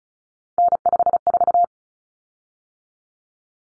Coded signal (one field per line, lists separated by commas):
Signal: Morse code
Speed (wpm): 34 wpm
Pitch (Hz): 700 Hz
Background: none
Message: N54